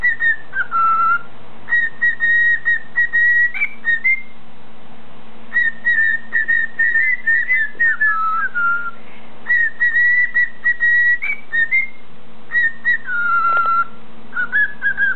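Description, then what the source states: Bird song of clear whistled notes, mostly level and held, with quick slurs down and short warbled runs, repeated in phrases with brief pauses over a low steady hum. Lutinos singing; title also names 'Dutch Bride'.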